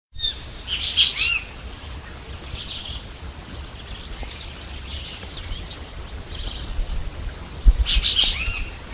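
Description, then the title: Chestnut-bellied euphonia calling: short clusters of sharp, buzzy high notes at the start and end, with softer thin notes between, against a continuous background of insects. "LuckyPassaro Completos2Sama. Chestnut-bellied Euphonia (Euphonia pectoralis)"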